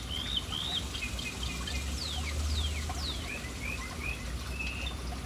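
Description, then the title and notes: Birds chirping with mixed slurred whistles and steep falling notes over a low rumble. City birds gathered and lingering around an urban fountain. "Urban birds at fountain. Relaxing sounds of City Birds hanging around fountain"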